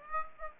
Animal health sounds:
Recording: mosquito wingbeat signal from an infrared sensor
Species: Aedes aegypti

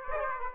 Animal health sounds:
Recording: mosquito wingbeat signal from an infrared sensor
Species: Aedes aegypti

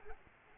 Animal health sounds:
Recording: mosquito wingbeat signal from an infrared sensor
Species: Aedes aegypti

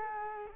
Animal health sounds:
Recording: mosquito wingbeat signal from an infrared sensor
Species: Culex quinquefasciatus

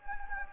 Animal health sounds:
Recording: mosquito wingbeat signal from an infrared sensor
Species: Anopheles gambiae

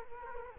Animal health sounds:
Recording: mosquito wingbeat signal from an infrared sensor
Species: Culex quinquefasciatus

